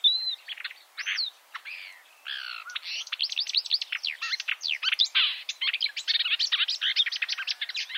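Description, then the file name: Marsh warbler song, a fast, varied stream of high chirps, trills and whistled notes that starts with a few spaced phrases and quickly becomes a dense, unbroken chatter. "suara-kicauan-burung-marsh-warbler -omkicau"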